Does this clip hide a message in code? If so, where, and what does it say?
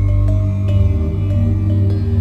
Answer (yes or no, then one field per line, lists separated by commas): no